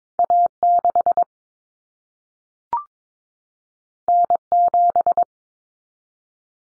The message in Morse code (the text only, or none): A6 N7